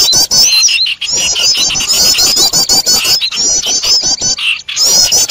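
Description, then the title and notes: Birds calling noisily and continuously, a dense mix of high chattering and whistled notes with quick repeated phrases and little pause throughout. Noisy bird sounds used as a lure to attract birds. "Master Burung Ribut. Burung Ribut Pikat"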